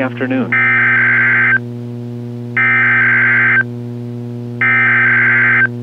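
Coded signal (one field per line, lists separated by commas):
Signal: Emergency Alert System (SAME) tones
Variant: header bursts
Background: speech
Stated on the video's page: Special weather statement and required weekly test from the National Weather Service Corpus Christi, Texas, for heat index values of 105 to 109 degrees.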